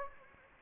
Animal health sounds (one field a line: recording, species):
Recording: mosquito wingbeat signal from an infrared sensor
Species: Anopheles gambiae